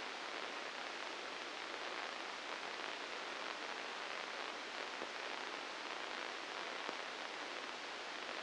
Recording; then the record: brain microelectrode recording played as sound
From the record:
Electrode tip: inside the subthalamic nucleus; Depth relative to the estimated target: 0 mm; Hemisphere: right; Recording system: NeuroSet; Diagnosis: Parkinson's disease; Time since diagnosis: 9 years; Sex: female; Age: 51 years